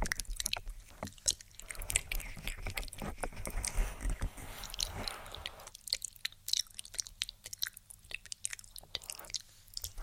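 Crackly ear tapping fills the ten seconds, with quick irregular taps and small scratchy clicks that turn sharper and more scattered in the second half. Around the middle, a soft breathy wash of inaudible whispering rises beneath the taps, then fades.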